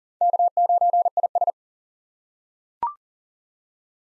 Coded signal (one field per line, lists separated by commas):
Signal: Morse code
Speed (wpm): 40 wpm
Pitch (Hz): 700 Hz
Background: none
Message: K9IS